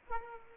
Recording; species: mosquito wingbeat signal from an infrared sensor; Aedes aegypti